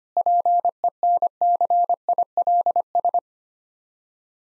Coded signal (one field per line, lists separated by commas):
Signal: Morse code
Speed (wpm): 25 wpm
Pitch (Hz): 700 Hz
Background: none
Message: PENCILS